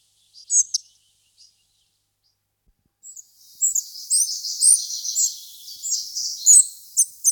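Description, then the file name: Spotted flycatcher singing: a few isolated high, thin squeaks at first, then after a pause a denser stream of scratchy, twittering high notes for the last four seconds. "Lejsek sedy Muscicapa striata"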